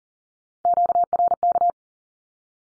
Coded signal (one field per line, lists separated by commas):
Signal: Morse code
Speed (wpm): 40 wpm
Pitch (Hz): 700 Hz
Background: none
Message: QRK